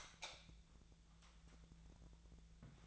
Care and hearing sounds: daily activity, microphone in the room; light off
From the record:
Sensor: 3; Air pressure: 1000.0 hPa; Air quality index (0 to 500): 123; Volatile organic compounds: 2 ppm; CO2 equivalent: 1106 ppm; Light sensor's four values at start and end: 47/120/51/56 and 44/112/48/53

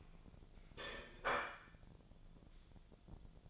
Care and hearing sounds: daily activity, microphone in the room; place plate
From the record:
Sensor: 5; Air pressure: 1009.5 hPa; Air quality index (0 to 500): 168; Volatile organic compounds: 4 ppm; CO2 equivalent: 1628 ppm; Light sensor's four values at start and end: 98/261/106/113 and 98/261/106/113

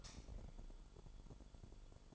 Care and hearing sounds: daily activity, microphone in the room; light off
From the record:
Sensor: 5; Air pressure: 1008.0 hPa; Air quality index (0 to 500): 102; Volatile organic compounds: 1 ppm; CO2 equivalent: 794 ppm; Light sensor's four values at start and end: 31/72/29/28 and 31/71/28/28

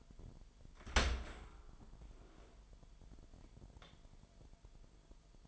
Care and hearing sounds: daily activity, microphone in the room; open dishwasher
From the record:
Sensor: 5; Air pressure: 998.3 hPa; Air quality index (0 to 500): 85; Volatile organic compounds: 1 ppm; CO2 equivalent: 968 ppm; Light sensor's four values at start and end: 20/47/20/22 and 20/47/20/22

